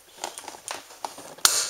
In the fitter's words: Okay, that was the click.